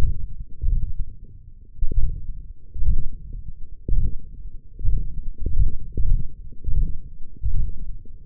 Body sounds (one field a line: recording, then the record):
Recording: forearm muscle sounds (acoustic myography)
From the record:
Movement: ulnar deviation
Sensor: system 1, eight BSWA MPA416 microphones around the upper forearm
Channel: 3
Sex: male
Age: 21 years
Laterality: right